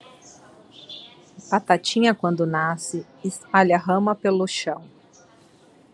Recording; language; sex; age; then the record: short text; Brazilian Portuguese; female; 40 to 49 years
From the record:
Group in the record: control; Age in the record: 42 years